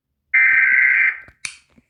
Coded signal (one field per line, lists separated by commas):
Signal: Emergency Alert System (SAME) tones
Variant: header bursts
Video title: eas alarms around the world [part 1]